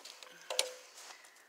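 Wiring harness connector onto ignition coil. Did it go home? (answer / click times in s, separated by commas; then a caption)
yes / 0.6 s. A wiring harness connector is slid onto an ignition coil on a 2015 Chrysler 200 Limited during a spark plug change. A few faint ticks come first, then a sharp plastic click at 0.6 s as the latch catches. The connector is seated on the coil.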